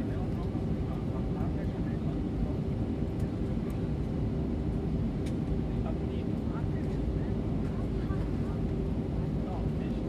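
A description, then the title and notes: A dense, steady low roar fills the inside of an airplane in flight, unchanging for the whole stretch with a faint hum riding above it. Soft murmurs of voices and small clicks or knocks surface now and then beneath the engine drone. Full Flight From Ft.Lauderdale To Cancun. Talking Sounds, White Noise, Plane Sounds, Flight Sounds, Flight Announcements, Chatting, Engine Sounds, Mechanical Sounds.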